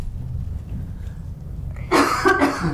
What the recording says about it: I'm not sure my voice is going to hold out. I'm going to have a coughing fit.